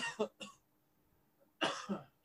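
Four short, harsh cough bursts from an adult man smoking cannabis in a quiet small room with the windows shut: one isolated cough, then a quick run of three after a pause, the last trailing into a voiced, throaty sound. A plain, dry-sounding cough with no wheeze between bursts.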